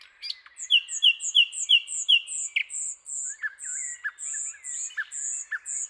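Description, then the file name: Common nightingale song: a row of loud repeated whistled notes with very high ticking notes above, then softer scattered phrases. "Luscinia megarhynchos"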